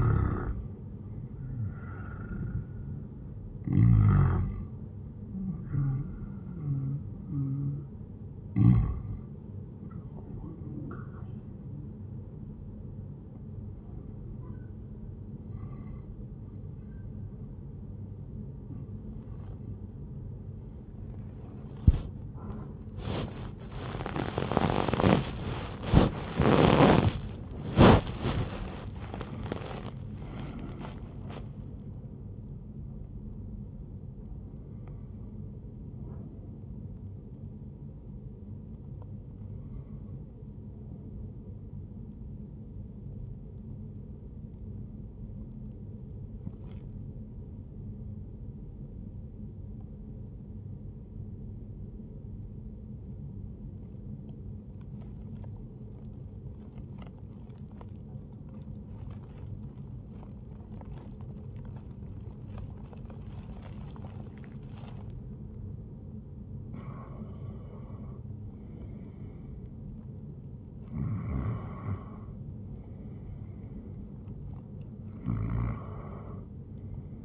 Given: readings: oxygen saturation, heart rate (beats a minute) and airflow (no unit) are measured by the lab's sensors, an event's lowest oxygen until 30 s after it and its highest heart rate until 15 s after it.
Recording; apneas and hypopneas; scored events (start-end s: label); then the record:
breathing in sleep by a smartphone at the bedside; 1
53.00-63.20 s: obstructive apnea (N1, oxygen 97% highest, then 92% lowest, heart rate 76 at the start, 81 highest)
From the record:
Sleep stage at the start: N1 (lightest sleep); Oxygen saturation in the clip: 88 to 98%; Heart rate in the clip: 75 to 86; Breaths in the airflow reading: 14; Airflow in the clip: -10.6 to 11.4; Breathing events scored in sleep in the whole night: 131 in 7.2 hours asleep